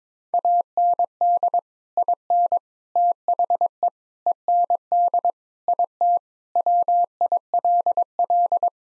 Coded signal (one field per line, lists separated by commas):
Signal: Morse code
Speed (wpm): 22 wpm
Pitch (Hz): 700 Hz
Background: none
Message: AND IN THE END IT WILL